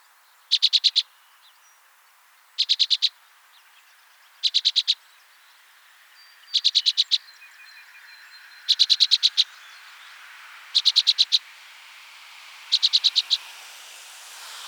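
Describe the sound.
Orchard oriole chattering calls: short dry bursts of several rapid clicky notes, repeated roughly every two seconds, seven bursts in all, over faint background hiss.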